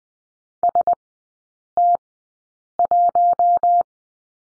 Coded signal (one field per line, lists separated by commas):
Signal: Morse code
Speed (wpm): 20 wpm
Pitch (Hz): 700 Hz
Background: none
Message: ST1